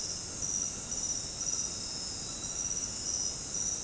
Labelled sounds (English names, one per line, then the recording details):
none
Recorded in dense forest near Puerto Asís, Putumayo, Colombia, on 21 February 2024 at 23:30
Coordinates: 0.486, -76.316
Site G6437